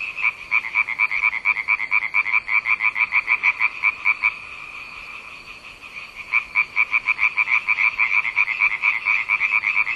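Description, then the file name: Rapid frog croaking in a steady rattling series, pausing briefly near the middle, then picking up again just as fast. "zaby"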